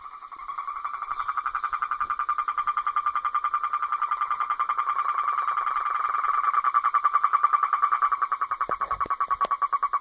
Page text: Sapo-cururu-argentino (Rhinella arenarum) sapo-andino Sexo: Macho Fase da vida: Adulto Data de Registro: 03/11/2017 País: Argentina Província. Departamento: Mendoza